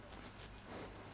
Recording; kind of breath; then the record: one breath in and out by a microphone near the nose and mouth; strong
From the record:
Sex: male